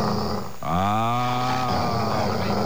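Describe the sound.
A voice imitates a dog barking with one drawn-out, low, throaty yelp lasting about a second, set against steady background murmur and noise.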